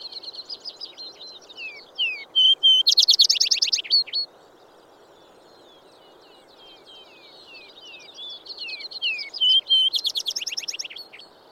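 Vesper sparrow song: a series of softer varied notes building to a loud burst of rapid buzzy notes, given twice, over a faint steady hiss.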